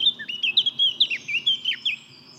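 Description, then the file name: Eurasian blackcap song: a quick warbled phrase of many short, clear notes lasting about two seconds, then quiet. "Sylvia atricapilla"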